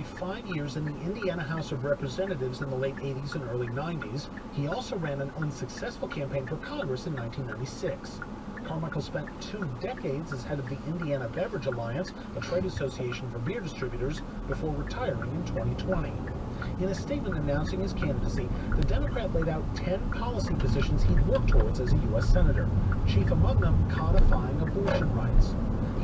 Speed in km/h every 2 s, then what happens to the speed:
0, 0, 0, 0, 0, 0, 0, 0, 8, 26, 24, 24, 32.
0-15 standing. 15-18 pulls away to 26. 22-26 speeds up to 32.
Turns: 19-22.